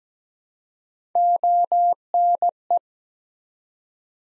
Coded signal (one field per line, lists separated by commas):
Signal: Morse code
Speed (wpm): 17 wpm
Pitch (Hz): 700 Hz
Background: none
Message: ONE